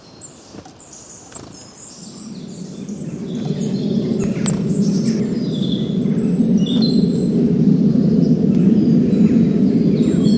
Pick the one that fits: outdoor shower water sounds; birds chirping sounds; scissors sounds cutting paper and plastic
birds chirping sounds